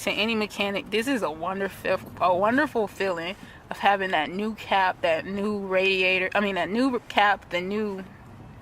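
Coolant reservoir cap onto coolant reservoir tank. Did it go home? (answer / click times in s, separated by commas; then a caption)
no / none. A new pressure (burp) cap is being handled onto the new plastic coolant reservoir tank of a 2015 Chevy Spark while someone talks throughout. No distinct mechanical sounds stand out, and the cap has not yet clicked or seated by the end of the clip.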